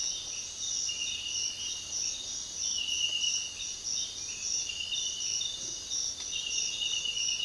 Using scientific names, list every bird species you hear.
none